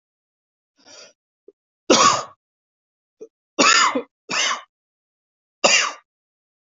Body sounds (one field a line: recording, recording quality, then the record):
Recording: heavy voluntary cough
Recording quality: excellent, no background noise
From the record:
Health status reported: healthy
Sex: male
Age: 49 years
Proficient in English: yes